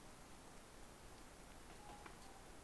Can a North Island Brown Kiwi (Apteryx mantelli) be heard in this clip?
no